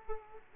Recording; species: mosquito wingbeat signal from an infrared sensor; Aedes aegypti